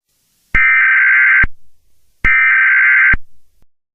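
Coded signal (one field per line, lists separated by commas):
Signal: Emergency Alert System (SAME) tones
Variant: header bursts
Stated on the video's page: Fictional EAS scenario, not a real alert.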